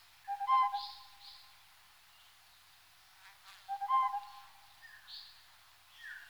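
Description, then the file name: Tropical boubou giving low, soft fluty whistles twice, each a brief harmonic note, with faint higher chirps in a quiet background. "gonolec ventre blanc"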